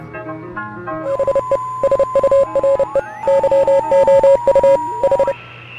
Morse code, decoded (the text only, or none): HE SURE YOU H